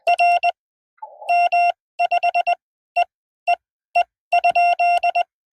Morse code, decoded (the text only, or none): R M5EEE ?